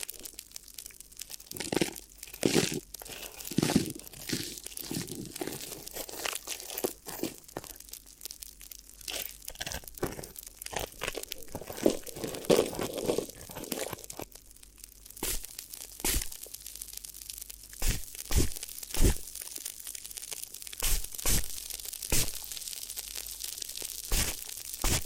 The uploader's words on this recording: ASMR Addictive Crinkly Ear Massage (No Talking).